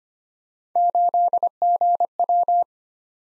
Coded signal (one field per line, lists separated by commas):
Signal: Morse code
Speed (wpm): 25 wpm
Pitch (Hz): 700 Hz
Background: none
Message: 8GW